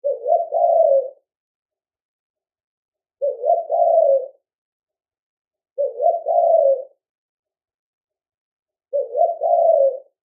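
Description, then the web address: Spotted dove cooing: four soft, low, hollow phrases of a few blurred notes each, repeated about every three seconds, with silence between them. Australia. "pajaro grito de la paloma manchada australia"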